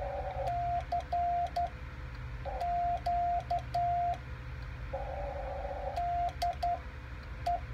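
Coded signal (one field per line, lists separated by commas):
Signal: Morse code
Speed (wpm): 11 wpm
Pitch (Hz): 700 Hz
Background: radio noise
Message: CQ DE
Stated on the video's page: Keyed on a Lionel J-38 straight key and a Vibroplex iambic key, compared.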